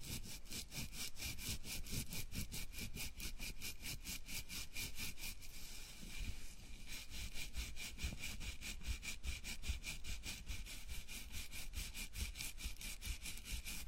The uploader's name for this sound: scalp massage, gentle and comfortable